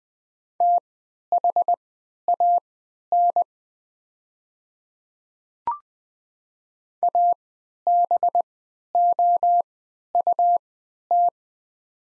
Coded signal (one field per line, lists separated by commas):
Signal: Morse code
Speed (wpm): 20 wpm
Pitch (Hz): 700 Hz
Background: none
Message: THAN ABOUT